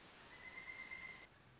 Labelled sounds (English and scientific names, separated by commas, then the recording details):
Pileated Woodpecker (Dryocopus pileatus)
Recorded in Sonoma County, California